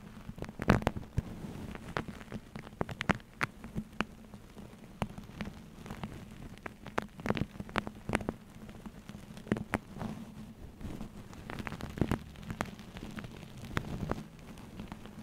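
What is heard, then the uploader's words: Hair play: fingers rustle and crackle through hair in a steady stream of tiny, irregular snaps and pops, with a few sharper, louder crackles scattered throughout. A constant low hum sits underneath the whole time. ASMR Hair Play for Sleep No Talking.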